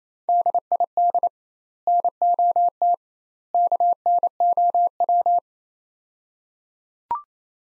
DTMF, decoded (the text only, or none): none